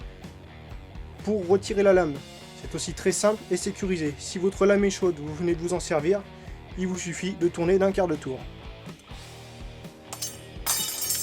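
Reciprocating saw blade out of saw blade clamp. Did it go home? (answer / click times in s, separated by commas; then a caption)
released / 10.1 s, 10.2 s. Someone talks over background music while the SDS blade clamp of a Bosch GSA 18 V-LI Professional reciprocating saw is turned a quarter turn. The saw blade ejects automatically from the clamp with short metallic clinks at 10.1 s and 10.2 s, and the blade is released.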